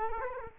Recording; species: mosquito wingbeat signal from an infrared sensor; Culex quinquefasciatus